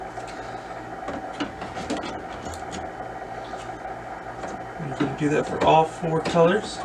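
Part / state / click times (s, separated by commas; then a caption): ink cartridge into inkjet printer carriage / not seated / none. Plastic ink cartridges for all four colors are being handled one at a time for the carriage slots of an HP Officejet Pro 9018 inkjet printer, with soft rubbing and handling noises over a steady low hum while someone talks. Nothing has seated or clicked into place yet.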